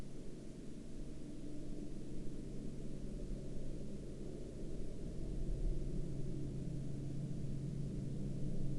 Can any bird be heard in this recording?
no